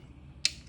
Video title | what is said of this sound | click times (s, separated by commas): THIS GADGET/TOOL WILL SAVE YOU TIME AND HEADACHES!!!! | and it locks into place and then it's flexible and then you're able to | 0.5 s